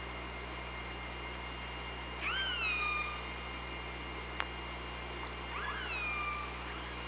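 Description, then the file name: Killer whale calls, a pair of upswept then flat harmonic calls several seconds apart, one sharp click between them, over steady underwater noise and low hum. Recorded on the OrcaLab hydrophone, 24 August 2017, around 05:45. "Orca Lab UTLN JASON 20170824 054544"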